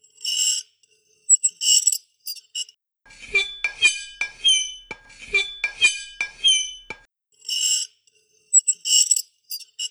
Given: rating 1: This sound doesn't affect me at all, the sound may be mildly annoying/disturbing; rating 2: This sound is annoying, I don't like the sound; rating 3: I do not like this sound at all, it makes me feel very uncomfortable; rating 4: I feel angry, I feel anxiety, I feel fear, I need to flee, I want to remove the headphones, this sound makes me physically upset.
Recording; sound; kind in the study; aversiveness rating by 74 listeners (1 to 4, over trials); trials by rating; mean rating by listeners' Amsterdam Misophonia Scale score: sound for misophonia research; glass on metal; generally unpleasant; mean 2.55, standard deviation 0.96; 45 rated 1, 97 rated 2, 97 rated 3, 55 rated 4; 2.45 (sub-clinical, 0 to 4), 2.48 (mild, 5 to 9), 2.78 (moderate, 10 to 14), 2.67 (severe or extreme, 15 or more)